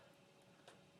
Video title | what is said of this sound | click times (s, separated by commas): Riveted Leather Choker - Live Stream | I'm going to put the component down, and then you just snap the top | 0.7 s